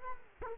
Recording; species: mosquito wingbeat signal from an infrared sensor; Culex quinquefasciatus